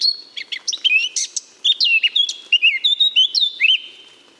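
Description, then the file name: Eurasian blackcap song, opening with scratchy chattering notes, then a brief pause and a loud run of clear, warbling whistles sliding up and down. "Sylvia atricapilla"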